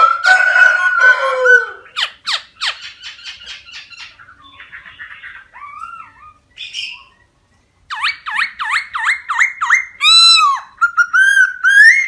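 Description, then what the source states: Laughingthrush song opening with a rich mixed phrase, followed by quick sharp notes, a short pause, then bright repeated whistles. Song in the 'wild voice' (giọng rừng) style.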